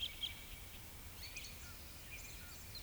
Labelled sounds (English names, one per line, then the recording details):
Eurasian Woodcock whistle
Eurasian Woodcock croak
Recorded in Baden-Württemberg, Germany, on 10 May 2021 at 19:18 UTC
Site 24606, 635 m above sea level